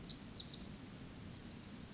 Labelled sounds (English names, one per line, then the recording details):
Pacific Wren
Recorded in Sonoma County, California